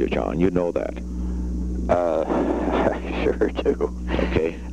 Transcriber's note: laughing